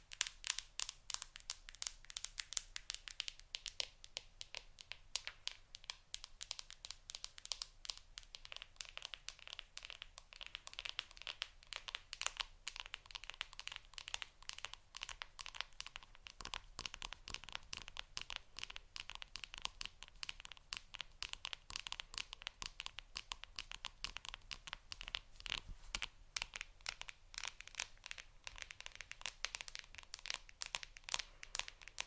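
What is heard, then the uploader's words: Acrylic nails tap rapidly on a phone screen, a dense, continuous stream of bright clicks and ticks with almost no pauses across the whole half minute. The pace stays quick and fairly even, with a faint crinkly, crunchy texture and a low steady hum underneath. ASMR Tingly Acrylic Nail Tapping On Phone Screen.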